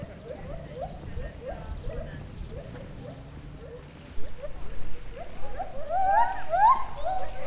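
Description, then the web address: White-handed gibbon hooting: short rising notes repeated about twice a second, then louder, longer upward-swooping wails near the end over a low background rumble. Captive gibbons at a zoo in Debrecen, recorded in 2012; they warm up their voices and then move on; babbling water noted. "allathangok debrecenizoo 2012 feherkezugibbon hangolnakmajdtovabballnak csobogo"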